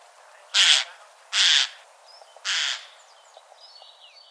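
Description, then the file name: Eurasian jay giving three loud, harsh rasping screeches about a second apart, followed by faint thin chirps. "Garrulus glandarius"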